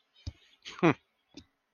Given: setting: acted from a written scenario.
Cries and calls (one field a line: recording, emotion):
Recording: vocal sound without words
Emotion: contempt